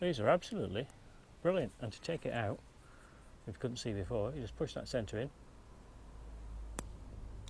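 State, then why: Released. Someone talks, then the centre of a plastic push rivet in a body panel of a 2018 Honda CB1000R is pushed in hard during tank removal. It gives a sharp click at 6.8 s, which releases the clip so it can be removed.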